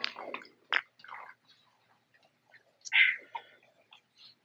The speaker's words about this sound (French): Et quelle gorgée.